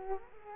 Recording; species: mosquito wingbeat signal from an infrared sensor; Culex quinquefasciatus